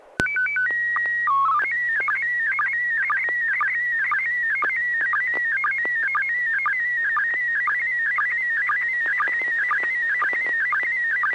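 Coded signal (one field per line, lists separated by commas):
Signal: SSTV (slow-scan television)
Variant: PD 120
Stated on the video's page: Weekly SSTV net on an FM repeater, 441.300 MHz, Wednesday evenings; pictures sent with MMSSTV software.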